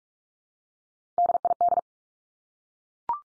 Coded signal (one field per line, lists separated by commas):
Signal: Morse code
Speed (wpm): 44 wpm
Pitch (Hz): 700 Hz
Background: none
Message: DID